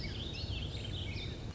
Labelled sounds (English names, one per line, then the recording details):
Warbling Vireo
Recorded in Sonoma County, California